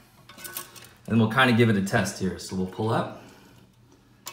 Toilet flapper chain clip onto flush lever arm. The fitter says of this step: very very easy snaps right in there